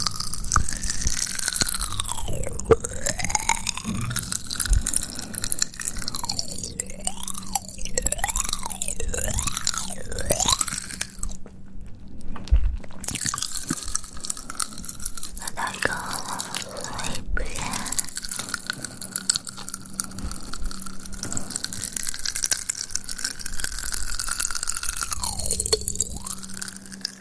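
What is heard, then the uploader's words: Close mouth sounds: wet crunching and chewing with sticky clicks and smacks, continuous and dense throughout. A whistling, swooping tone glides up and down over it, dipping several times early on and near the end, with a low steady hum underneath and brief silent gaps around 11–13 seconds. ASMR Close Mouth Sounds.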